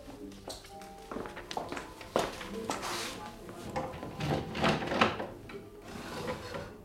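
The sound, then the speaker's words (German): The top drawer of a secretary desk slides open and its contents are rummaged through in a search for a bracelet, giving a run of irregular wooden knocks, scrapes and light clatters at a moderate, steady loudness for several seconds. “In die oberste Schublade.”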